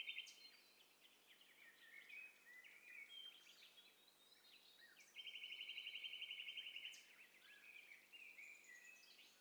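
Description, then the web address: Several birds singing at once: quick high chirps and slurred whistles, with a loud buzzy trill held for about two seconds midway, then more overlapping chirping. Overlapping mix of several birds, in stereo. "Hi Fi STEREO BIRD COCKTAIL PARTY Challenge SBCP TESTSET HDBird Cocktail Party"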